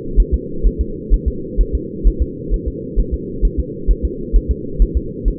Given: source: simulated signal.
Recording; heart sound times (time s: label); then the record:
fetal heart sounds
0.20 s: S1
0.34 s: S2
0.67 s: S1
0.81 s: S2
1.14 s: S1
1.28 s: S2
1.61 s: S1
1.75 s: S2
2.07 s: S1
2.22 s: S2
2.54 s: S1
2.68 s: S2
3.00 s: S1
3.14 s: S2
3.45 s: S1
3.59 s: S2
3.91 s: S1
4.05 s: S2
4.36 s: S1
4.51 s: S2
4.82 s: S1
4.97 s: S2
5.28 s: S1
From the record:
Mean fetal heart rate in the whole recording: 130 bpm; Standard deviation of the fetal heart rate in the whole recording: 2 bpm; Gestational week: 36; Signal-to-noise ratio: -4.3 dB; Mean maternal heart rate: 72 bpm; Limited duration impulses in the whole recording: absent